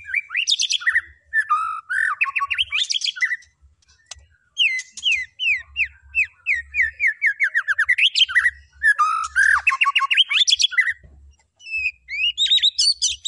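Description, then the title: White-rumped shama song: rich bursts of whistled, rapidly varied phrases sweeping between high and low notes, with brief pauses, continuing almost nonstop throughout. Lure recording of a loud, vigorously singing bird, used to provoke a response from other birds. "PANCINGAN MEWAH MURAI BATU GACOR, SEKALI DENGAR AMPUH LANGSUNG RESPON"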